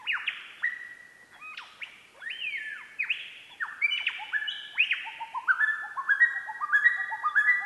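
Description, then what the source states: Lyrebird singing varied mimicked phrases: clear whistles and sharp downward sweeps, then rapid repeated whistled notes. Lyrebird mimicking other forest bird species and two flute phrases, recorded by Hollis Taylor for research into the flute lyrebird story; Enfield State Forest, Victoria, Australia, 6:53 a.m., 16 June 2013.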